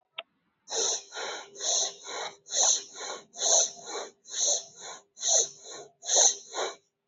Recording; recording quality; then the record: shallow breathing; excellent, no background noise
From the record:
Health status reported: healthy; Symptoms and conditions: none ticked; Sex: male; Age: 53 years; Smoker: not ticked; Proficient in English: yes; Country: India